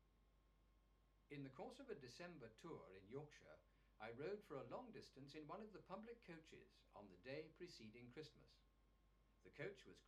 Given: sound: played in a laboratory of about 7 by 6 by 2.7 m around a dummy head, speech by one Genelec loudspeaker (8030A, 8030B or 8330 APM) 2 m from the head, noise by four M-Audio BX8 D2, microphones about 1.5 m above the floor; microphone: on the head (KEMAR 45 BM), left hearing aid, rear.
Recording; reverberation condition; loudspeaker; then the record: male speech in English; low; 60 degrees to the left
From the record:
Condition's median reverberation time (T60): about 310 ms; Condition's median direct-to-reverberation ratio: about 3.5 dB